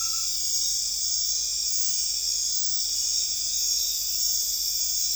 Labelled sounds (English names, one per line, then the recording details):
none
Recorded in dense forest near Puerto Asís, Putumayo, Colombia, on 20 December 2024 at 21:30
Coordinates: 0.482, -76.320
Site G021